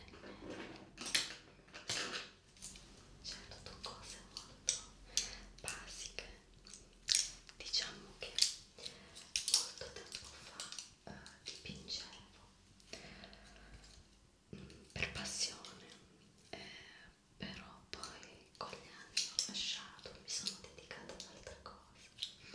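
Soft whispering mixes with quick brush strokes across a surface, heard as bursts of bright, hissy scratching that come and go every second or so for the whole stretch. Small clicks and taps, like tools or cups being handled, sit between the strokes.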